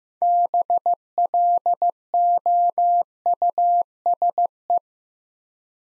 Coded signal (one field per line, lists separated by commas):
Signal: Morse code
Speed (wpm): 15 wpm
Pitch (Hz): 700 Hz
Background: none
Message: BLOUSE